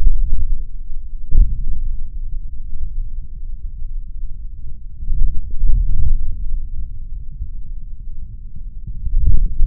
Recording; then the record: forearm muscle sounds (acoustic myography)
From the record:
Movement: forearm pronation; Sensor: system 3, bracelet of six PUI Audio POM-2738L microphones around the upper forearm, with dedicated amplification and filtering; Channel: 4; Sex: male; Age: 26 years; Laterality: right